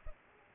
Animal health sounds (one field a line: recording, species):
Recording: mosquito wingbeat signal from an infrared sensor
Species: Culex pipiens